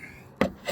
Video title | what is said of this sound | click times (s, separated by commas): Modernized CDL Vehicle Inspection - Dream One Trucking Schools | Put your latch there. Push it forward. Locks in place. | 0.4 s